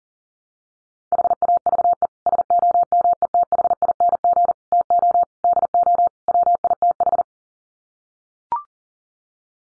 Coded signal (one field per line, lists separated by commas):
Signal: Morse code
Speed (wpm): 40 wpm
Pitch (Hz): 700 Hz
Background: none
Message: HAVE SOMETHING TO DO WITH